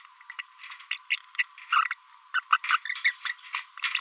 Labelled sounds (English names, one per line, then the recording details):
Green-rumped Parrotlet babbling
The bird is a female
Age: 28 days
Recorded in a nest box in Venezuela
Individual 17B42B2